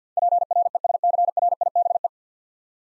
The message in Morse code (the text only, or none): PRESCRIBE